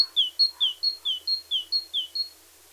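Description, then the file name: Great tit song, a clear two-note 'teacher' phrase, high then lower and downslurred, repeated several times in quick steady rhythm. "Parus major"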